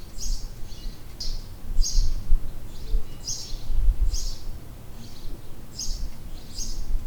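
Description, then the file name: House sparrow repeating short chirps at a steady pace, over loud low-pitched rumbling noise. Recorded in 2008. "Haussperling 2008"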